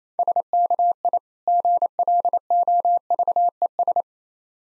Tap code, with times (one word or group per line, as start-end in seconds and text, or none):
none